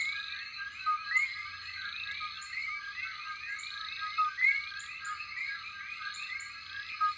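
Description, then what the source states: Common coqui chorus, a thick mass of repeated chirping notes from numerous frogs, steady throughout, with scattered high ticks over the top. Night chorus.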